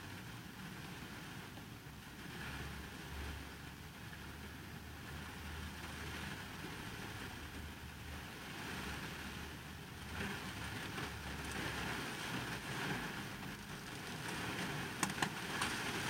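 Rain on a car with nobody inside, heard from within the cabin as a dense, steady hiss across the whole sixteen seconds. A low engine-like rumble runs underneath throughout. Near fifteen seconds a few sharp ticks stand out, like heavier drops striking.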